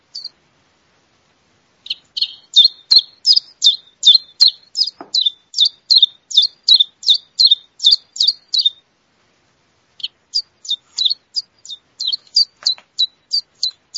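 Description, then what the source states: Common Chiffchaff singing long runs of crisp high notes that alternate between two pitches, a brief pause, then another steady series. Male song; the English name imitates the song.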